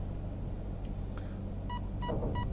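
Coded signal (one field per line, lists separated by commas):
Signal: beep code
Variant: RC car speed controller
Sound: three short evenly spaced buzzy beeps after a couple of faint clicks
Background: low background rumble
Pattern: 3 short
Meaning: Third layer of the programming menu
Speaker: 3 beeps. Third layer. Now it will just cycle through.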